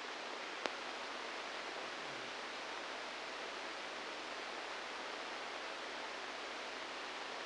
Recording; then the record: brain microelectrode recording played as sound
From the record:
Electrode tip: inside the subthalamic nucleus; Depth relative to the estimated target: 3 mm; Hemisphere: left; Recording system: NeuroSet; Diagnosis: Parkinson's disease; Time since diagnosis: 10 years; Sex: male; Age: 63 years